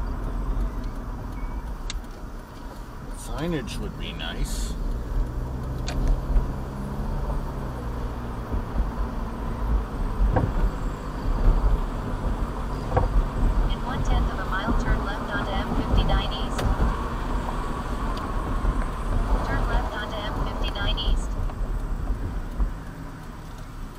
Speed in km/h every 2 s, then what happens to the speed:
27, 23, 26, 35, 40, 44, 48, 50, 50, 45, 35, 18.
3-11 speeds up to 48. 11-17 steady at about 50. 17-24 brakes to 18.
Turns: 0-5.